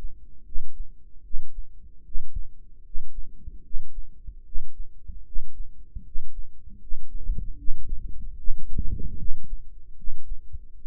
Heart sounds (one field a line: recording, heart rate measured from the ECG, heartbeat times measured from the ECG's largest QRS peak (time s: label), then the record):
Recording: heart sounds by microphone in the right ear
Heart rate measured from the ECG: 76 bpm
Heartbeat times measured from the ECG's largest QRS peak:
0.44 s: heartbeat
1.22 s: heartbeat
2.03 s: heartbeat
2.83 s: heartbeat
3.62 s: heartbeat
4.44 s: heartbeat
5.24 s: heartbeat
6.03 s: heartbeat
6.79 s: heartbeat
7.56 s: heartbeat
8.36 s: heartbeat
9.17 s: heartbeat
9.95 s: heartbeat
10.76 s: heartbeat
From the record:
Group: healthy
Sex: male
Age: 35 years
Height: 180 cm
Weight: 86.9 kg